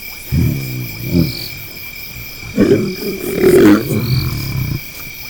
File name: Lion Vocalizing